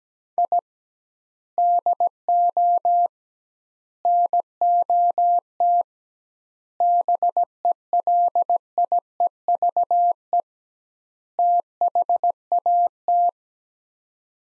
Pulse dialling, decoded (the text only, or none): none